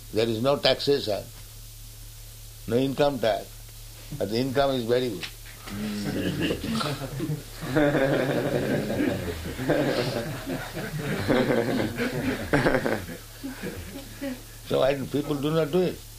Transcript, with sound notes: there is no taxation, no income tax, but the income is very good. [laughter] So why people do not do it?